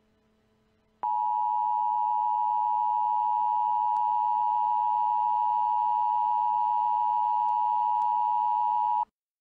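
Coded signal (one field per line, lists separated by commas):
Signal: Emergency Alert System (SAME) tones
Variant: 853 and 960 Hz attention tone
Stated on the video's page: Fictional EAS mock based on a cartoon, declaring emergencies in California cities including a fictional one.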